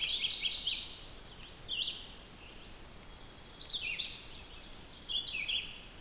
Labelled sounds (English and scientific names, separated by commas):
Red-eyed Vireo (Vireo olivaceus) song